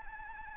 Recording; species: mosquito wingbeat signal from an infrared sensor; Anopheles arabiensis